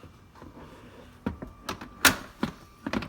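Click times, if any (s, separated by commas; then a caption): 2.0 s. An infant car seat carrier is pushed down into its base in the older car, with a few soft knocks and thumps before one sharp click at 2.1 s and several lighter knocks after. Only one click is heard instead of two, so the carrier has clicked in on one side only.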